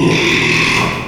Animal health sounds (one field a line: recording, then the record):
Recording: squeal of a Yucatan mini pig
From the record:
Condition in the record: after surgery on the right vocal fold (resection and tissue-engineered implant)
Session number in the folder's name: 1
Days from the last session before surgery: 6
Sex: male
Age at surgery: 12 weeks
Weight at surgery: 13 kg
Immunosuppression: cyclosporine, prednisolone